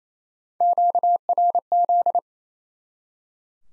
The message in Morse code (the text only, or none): QRZ